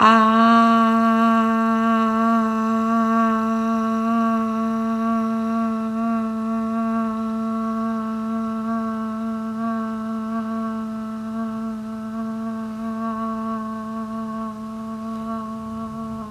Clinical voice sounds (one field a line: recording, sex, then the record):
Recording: sustained vowel /a/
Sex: female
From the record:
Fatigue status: no fatigue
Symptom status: asymptomatic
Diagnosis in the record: COVID-19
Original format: m4a